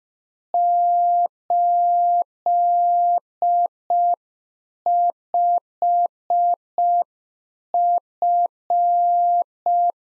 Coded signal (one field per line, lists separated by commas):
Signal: Morse code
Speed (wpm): 5 wpm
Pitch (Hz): 700 Hz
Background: none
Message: 85F